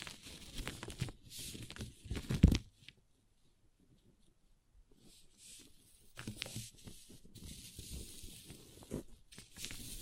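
A paper cup is handled with dense crinkling, scratching and tapping for the first two and a half seconds, ending in a sharper crunch. Near silence follows for about three seconds, then the rustling and crinkling return and continue steadily to the end.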